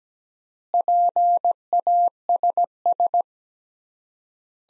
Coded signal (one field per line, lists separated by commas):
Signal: Morse code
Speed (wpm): 17 wpm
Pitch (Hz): 700 Hz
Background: none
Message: PASS